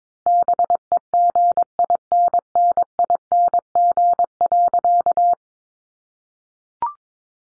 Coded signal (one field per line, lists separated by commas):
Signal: Morse code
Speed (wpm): 22 wpm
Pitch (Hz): 700 Hz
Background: none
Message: BEGINNING.